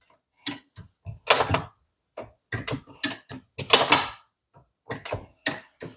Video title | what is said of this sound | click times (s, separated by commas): Lee Ultimate Turret Press parts updates and tips | hear that nice positive sound. | 0.5 s, 3.0 s, 5.5 s